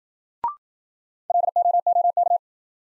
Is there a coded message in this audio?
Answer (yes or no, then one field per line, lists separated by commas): yes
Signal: Morse code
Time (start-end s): 1.3-2.4 s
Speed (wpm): 53 wpm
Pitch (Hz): 700 Hz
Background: none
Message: LOOK